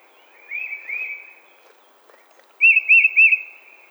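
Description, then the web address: Tufted titmouse giving clear slurred whistles, two notes then a faster run of three rising-falling notes after a short pause, in a quiet setting. Recorded on 20 March 2007. "Tufted Titmouse 2007 03 20"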